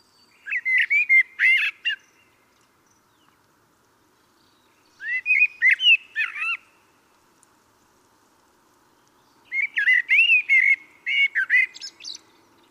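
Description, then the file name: Common blackbird song in three phrases separated by pauses of a few seconds, each of mellow whistles mixed with squeaky, higher twittering. "Turdus merula"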